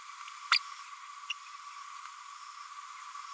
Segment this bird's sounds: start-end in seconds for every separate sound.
0.51-0.59